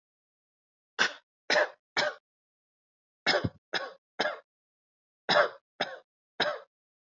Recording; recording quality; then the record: shallow voluntary cough; excellent, no background noise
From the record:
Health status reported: healthy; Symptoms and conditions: hypertension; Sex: male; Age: 52 years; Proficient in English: no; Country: India